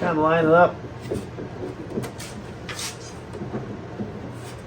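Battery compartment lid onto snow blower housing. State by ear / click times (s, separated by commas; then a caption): not seated / none. Someone talks briefly at the start while sliding the plastic battery compartment lid over its tabs and lining it up on the housing of a Toro Power Clear battery-powered 21" snow blower. Soft handling and rubbing noises follow, with a brief knock around 2.2 s. The lid has not snapped into place yet, and nothing has seated or clicked.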